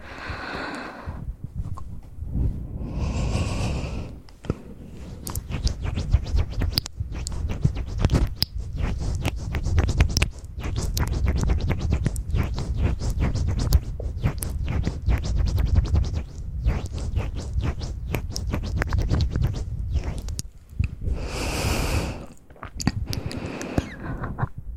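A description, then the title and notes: Soft mouth sounds: dense wet clicks and smacks run almost continuously, with a few airy breaths near the start and around twenty-two seconds. Soft Mouth Sounds For Sleep.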